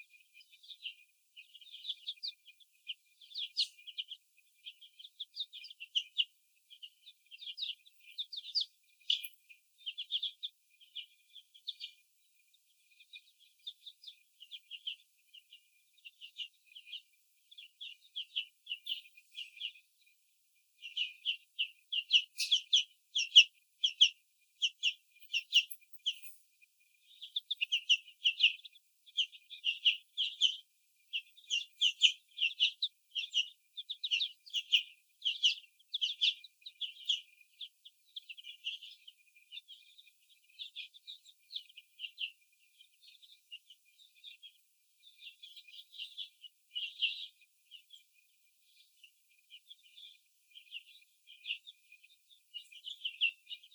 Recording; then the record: young laying hens in a cage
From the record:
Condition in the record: after the stressor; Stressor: sudden umbrella opening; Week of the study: 2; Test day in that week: 1